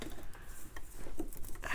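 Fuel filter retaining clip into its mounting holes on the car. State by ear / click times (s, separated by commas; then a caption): not seated / none. Someone lines up the holes of a Lincoln Continental fuel filter's plastic retaining clip or bracket with the mounting holes on the car and presses it upward, making light scraping and small tapping handling sounds. Nothing has seated or clicked into place yet.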